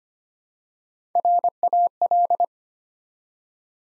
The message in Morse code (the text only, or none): RAL